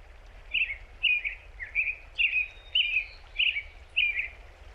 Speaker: I hear the robin song and I am reminded of home.